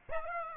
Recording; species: mosquito wingbeat signal from an infrared sensor; Aedes aegypti